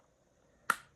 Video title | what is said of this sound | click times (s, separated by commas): Marvel Legends Deluxe Strong Guy X-Factor Action Figure Reveiw. | There she blows. Nice snap. I'm sure you heard that. | 0.7 s